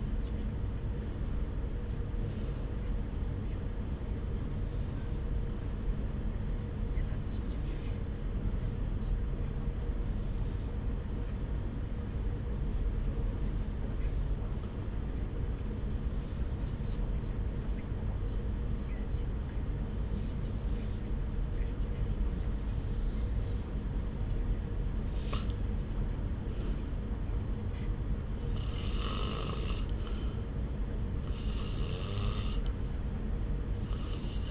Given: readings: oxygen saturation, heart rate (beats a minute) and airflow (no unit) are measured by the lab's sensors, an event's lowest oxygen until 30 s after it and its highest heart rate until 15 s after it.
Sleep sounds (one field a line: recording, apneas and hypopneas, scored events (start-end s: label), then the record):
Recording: breathing in sleep by a smartphone at the bedside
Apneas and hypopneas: 1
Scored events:
6.00-26.90 s: hypopnea (REM, oxygen 96% highest, then 90% lowest)
From the record:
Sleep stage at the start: REM sleep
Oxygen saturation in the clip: 83 to 96%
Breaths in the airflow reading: 13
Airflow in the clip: -1.2 to 1.6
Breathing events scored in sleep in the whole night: 335 in 6.7 hours asleep